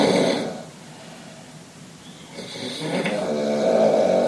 Snoring at the open floor plan.